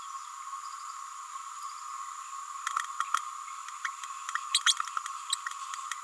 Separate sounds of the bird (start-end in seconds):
4.65-4.75